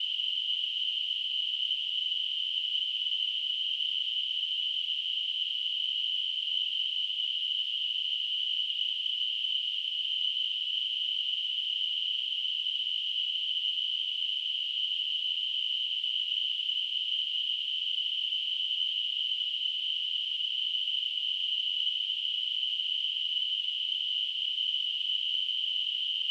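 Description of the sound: A steady, unchanging high-pitched hiss centred on a shrill ringing pitch near 3 kHz holds for about 26 seconds with no breaks. It is simulated tinnitus, the constant ringing or hissing some people hear in their ears.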